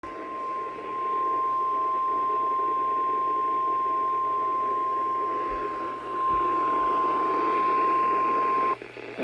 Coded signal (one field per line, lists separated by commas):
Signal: Emergency Alert System (SAME) tones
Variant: 1050 Hz attention tone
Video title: Eas #36: Special Marine Warning